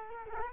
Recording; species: mosquito wingbeat signal from an infrared sensor; Culex quinquefasciatus